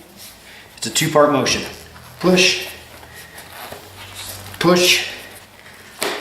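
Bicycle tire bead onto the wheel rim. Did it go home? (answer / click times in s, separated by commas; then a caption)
yes / 6.0 s. The last section of a bicycle tire bead is pushed over the rim wall with both thumbs and palms while someone talks. The bead drops into the wheel rim with a sharp snap at 6.0 seconds, and the tire is seated.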